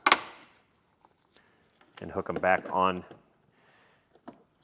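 A plastic retaining clip that stayed attached to the body of a 2022 Toyota Sienna after the interior trim panel was removed is pried off with a sharp snap at 0.1 s, so it can be put back onto the panel. A few faint ticks and taps follow, and someone talks from about 1.9 to 3.2 s. The clip is released from the vehicle body.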